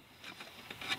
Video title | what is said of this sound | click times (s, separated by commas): Center console tape deck removal. Chevy/GM | and just like that it's locked into place | 0.7 s